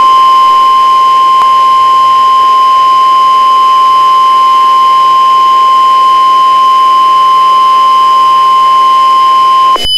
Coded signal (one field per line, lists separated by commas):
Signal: Emergency Alert System (SAME) tones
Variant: 1050 Hz attention tone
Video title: Eas Scenario #3 Godzilla invades Washington